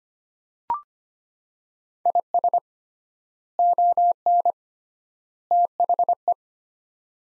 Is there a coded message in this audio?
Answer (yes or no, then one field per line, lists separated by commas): yes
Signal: Morse code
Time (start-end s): 2.1-6.3 s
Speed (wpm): 25 wpm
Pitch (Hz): 700 Hz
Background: none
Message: IS ON THE